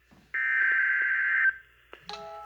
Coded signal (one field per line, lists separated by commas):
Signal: Emergency Alert System (SAME) tones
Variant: header bursts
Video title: Severe Thunderstorm Warning (EAS #72) From MPX!